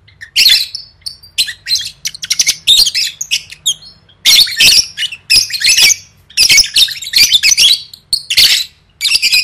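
Lovebird calls: bursts of shrill, rasping squawks and quick chirps, in clusters with short gaps throughout.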